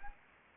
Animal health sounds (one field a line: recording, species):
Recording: mosquito wingbeat signal from an infrared sensor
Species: Anopheles arabiensis